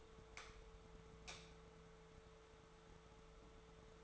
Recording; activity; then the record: daily activity, microphone in the room; light on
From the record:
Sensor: 3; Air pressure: 1014.7 hPa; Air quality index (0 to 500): 192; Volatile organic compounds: 24 ppm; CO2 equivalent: 2802 ppm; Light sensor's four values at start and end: 41/103/44/47 and 44/111/47/50